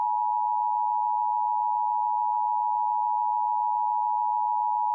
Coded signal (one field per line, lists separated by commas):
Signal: Emergency Alert System (SAME) tones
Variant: 853 and 960 Hz attention tone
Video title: EAS 1201 - Flood Warning